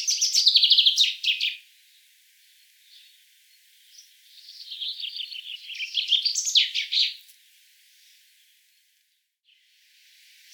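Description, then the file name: Common chaffinch singing: two bright phrases of quick trilled notes, separated by a pause with a few softer notes between them. "Fringilla coelebs"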